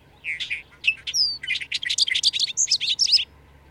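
Bird song: a lively three-second phrase of rapid, high twitters and chirps with a sharp whistled slur early on.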